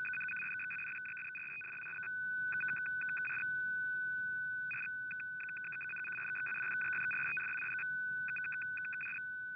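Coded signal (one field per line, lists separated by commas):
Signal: numbers station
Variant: F06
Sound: steady whistle tone with rapid irregular chirpy data bursts in groups, over hiss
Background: radio static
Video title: F06 14356kHz 15:40UTC - Digital Number Station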